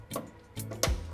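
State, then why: Seated. An LED bed light plug or clip, already connected and tucked behind the trim, is pressed home into its mounting spot in a Tacoma truck bed. A faint tick comes at 0.6 s, then a sharp, louder click at 0.8 s as the part pops into place and seats.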